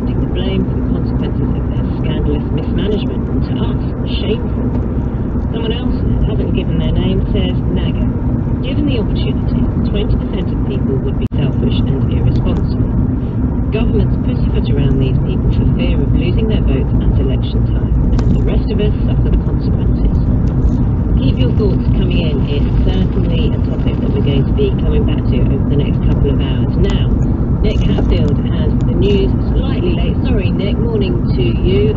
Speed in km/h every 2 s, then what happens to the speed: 47, 45, 45, 47, 47, 48, 47, 44, 44, 44, 45, 47, 48, 48, 47, 45.
0-32 steady at about 47.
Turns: none.